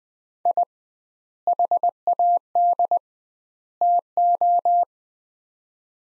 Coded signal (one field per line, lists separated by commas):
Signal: Morse code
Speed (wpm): 20 wpm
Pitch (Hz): 700 Hz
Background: none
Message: I HAD TO